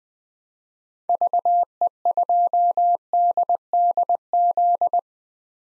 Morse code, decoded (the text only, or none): VE2DDZ